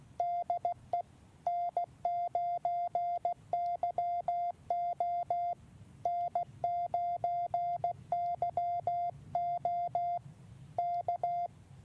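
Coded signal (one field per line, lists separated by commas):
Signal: Morse code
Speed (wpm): 16 wpm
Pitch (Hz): 700 Hz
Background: none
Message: DE N9YO N9YO K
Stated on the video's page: Woods QRP CW with the YouKits HB-1B transceiver and MFJ-971 portable tuner, first QSO on this rig; full QSK break-in.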